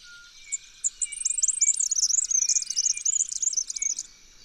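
Red-backed fairywren song: a very high, rapid reeling trill of thin buzzy notes after a few introductory chips, sustained for about three seconds.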